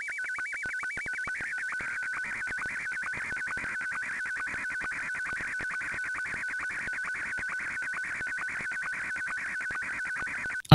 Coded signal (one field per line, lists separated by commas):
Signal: SSTV (slow-scan television)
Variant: Martin 1